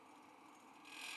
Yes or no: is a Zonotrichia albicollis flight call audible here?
no